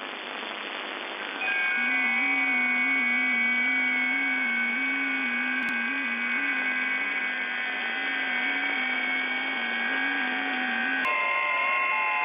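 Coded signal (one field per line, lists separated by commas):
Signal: FT8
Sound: several overlapping faint warbling tones at different pitches over hiss, slowly stepping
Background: radio static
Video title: FT8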